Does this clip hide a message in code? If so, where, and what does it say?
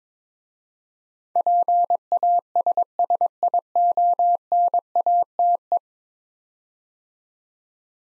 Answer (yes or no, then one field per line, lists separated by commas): yes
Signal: Morse code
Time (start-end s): 1.4-5.8 s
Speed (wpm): 22 wpm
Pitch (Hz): 700 Hz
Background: none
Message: PASSIONATE